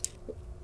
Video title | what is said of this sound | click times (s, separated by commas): HPE DL380 ProLiant Gen 11 Server NICs - Network Card Options - PCIe Installation | and when you do you're going to hear it pop up so we're going to do this and | 0.0 s